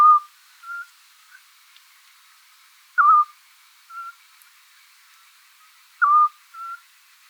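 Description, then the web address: Eurasian scops owl calling a short, mellow whistle about every three seconds, each note followed shortly by a fainter, higher whistle; otherwise quiet. "otus scops call"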